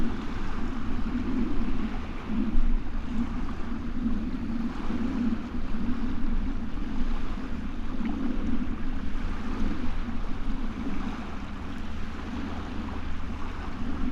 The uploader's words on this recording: Estuary bleak passing ship. This is the very last segment of an amazing overnight recording the Lento box captured several years ago from the seawall just east of Burnham-on-Crouch.